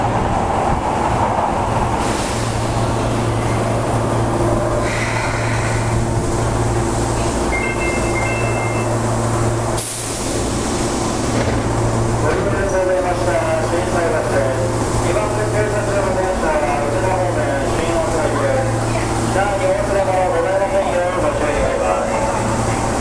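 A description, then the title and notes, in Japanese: A busy subway platform where trains arrive and depart at short intervals. A steady low hum from the train and station machinery runs throughout, with crowd chatter and footsteps filling the space. A brief high chime sounds around eight seconds, and a sharp bright burst comes near ten seconds. 心斎橋駅の音風景（大阪市営地下鉄 御堂筋線）。朝のラッシュが終わりかけの９時前後に収録しました。短い間隔で発着する電車の情景。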